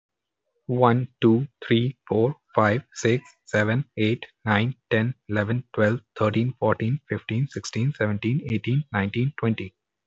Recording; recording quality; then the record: counting at a fast pace; excellent, no background noise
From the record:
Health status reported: healthy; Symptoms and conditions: none ticked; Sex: male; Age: 24 years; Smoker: not ticked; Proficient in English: yes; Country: India